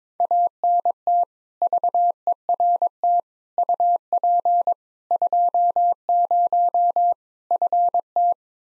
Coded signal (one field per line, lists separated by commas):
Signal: Morse code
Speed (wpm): 22 wpm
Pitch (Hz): 700 Hz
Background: none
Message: ANT VERT UP 20 FT